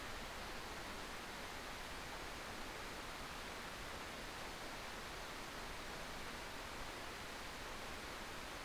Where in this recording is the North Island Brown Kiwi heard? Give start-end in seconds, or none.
none